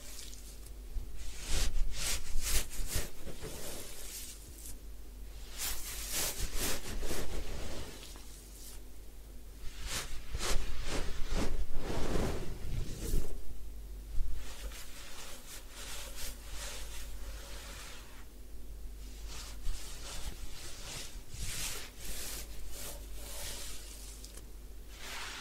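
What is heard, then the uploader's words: A head spa hair wash: bursts of scratchy rubbing and crackling come and go over a steady low hum with a faint constant tone. Head Spa Hair Wash, Massage, Ear Cleaning.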